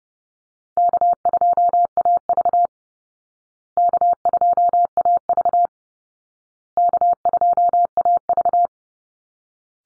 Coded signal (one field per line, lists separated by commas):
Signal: Morse code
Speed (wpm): 30 wpm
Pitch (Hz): 700 Hz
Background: none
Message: K2AV K2AV K2AV